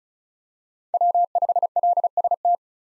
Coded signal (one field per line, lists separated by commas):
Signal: Morse code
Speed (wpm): 36 wpm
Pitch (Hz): 700 Hz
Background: none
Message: W5LST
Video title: 2023 POTA Activator Call Signs - 35wpm